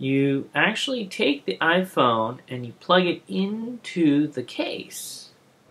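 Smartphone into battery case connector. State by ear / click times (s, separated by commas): not seated / none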